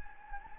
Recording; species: mosquito wingbeat signal from an infrared sensor; Anopheles gambiae